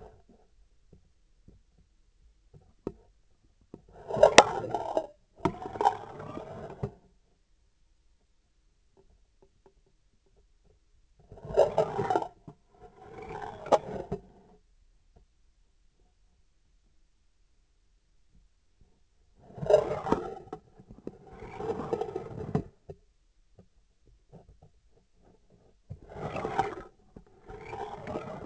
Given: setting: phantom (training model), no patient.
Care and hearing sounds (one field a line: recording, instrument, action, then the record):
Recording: laparoscopic instrument, vibration sensor on the handle end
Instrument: scissors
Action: approaching and retracting movements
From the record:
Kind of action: spatial motion